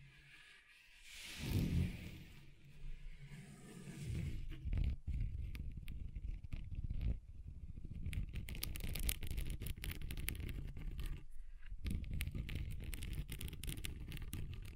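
Scratching across a table surface, starting with a soft sweeping whoosh near the two-second mark, then turning into dense, rapid scraping from about five seconds on. The rough, crackly strokes run nearly continuously with a brief gap around eleven seconds, carrying a low rumble underneath.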